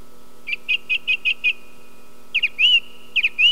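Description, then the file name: Song thrush song: a quick whistled note repeated six times, a pause, then a new phrase given twice, over a steady faint hum. "grive musicienne"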